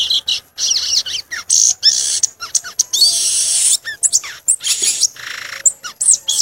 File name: canto do gaturamo verdadeiro